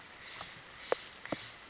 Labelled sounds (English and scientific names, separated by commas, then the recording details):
Steller's Jay (Cyanocitta stelleri)
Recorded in Sonoma County, California